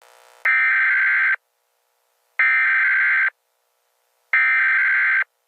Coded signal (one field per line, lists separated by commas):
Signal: Emergency Alert System (SAME) tones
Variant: header bursts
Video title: The Blob. EAS Scenario